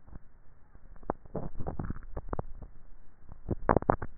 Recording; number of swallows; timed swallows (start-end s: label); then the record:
swallowing sounds by neck microphone; 1
1.65-2.85 s: swallow
From the record:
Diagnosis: dysphagia